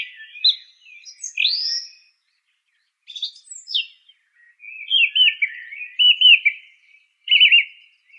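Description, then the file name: Song thrush song with a bright upswept whistle, scratchy high notes, then a run of quick warbled notes and a brief trilled phrase. "suara kicauan burung song thrush. omkicau"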